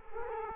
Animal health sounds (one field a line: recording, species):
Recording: mosquito wingbeat signal from an infrared sensor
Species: Culex quinquefasciatus